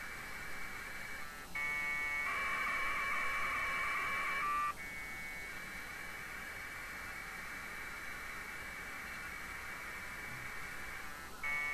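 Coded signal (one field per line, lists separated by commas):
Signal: packet radio (AX.25, as in APRS)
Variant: 1200 baud AFSK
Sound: raspy warbling data bursts, one loud two-second burst among quieter stretches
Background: background hiss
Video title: A SIMPLE TEST, TCP/IP OVER AX.25 link between 2 laptops.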